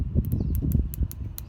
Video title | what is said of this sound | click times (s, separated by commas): BajaBroadcast Episode 2 - Optimize Your Storage | you can hear that as a pretty important part of zip tie now it's locked | 0.3 s, 0.6 s, 0.7 s, 0.9 s, 1.1 s, 1.4 s